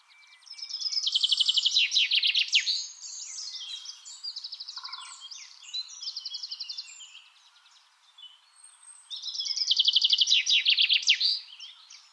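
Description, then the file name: Common chaffinch singing two loud, fast descending trills about eight seconds apart, with quieter varied bird notes filling the gap between them. "Fringilla coelebs"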